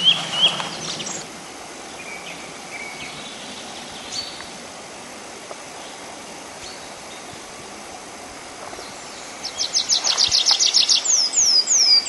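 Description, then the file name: Tree pipit song: a few loud notes at the start, then quiet scattered notes for several seconds, then a loud rapid trill of falling, slurred high notes near the end. "konek lesnojj"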